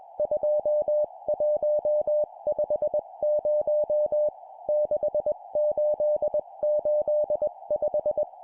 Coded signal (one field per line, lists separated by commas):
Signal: Morse code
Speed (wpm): 21 wpm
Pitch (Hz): 600 Hz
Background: music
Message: 2150 6885